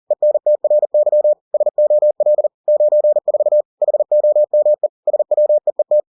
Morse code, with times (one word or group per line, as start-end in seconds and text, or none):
0.1-1.3 ENTRY
1.5-2.5 SOL
2.7-3.6 94
3.8-4.9 HOME
5.1-6.0 SWEET